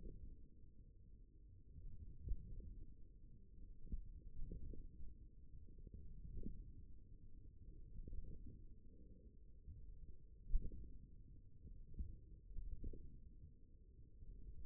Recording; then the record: forearm muscle sounds (acoustic myography)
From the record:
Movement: wrist flexion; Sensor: system 1, eight BSWA MPA416 microphones around the upper forearm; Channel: 4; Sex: male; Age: 28 years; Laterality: right